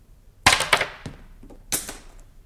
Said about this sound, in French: Alors, ça c'est un stylo à billes qui tombe.